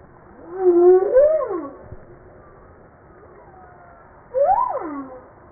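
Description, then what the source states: Humpback whale song units: a rising then falling moaning tone with harmonics, a quiet gap, then a swift upswept cry that drops away near the end. Recorded 5 March 1994.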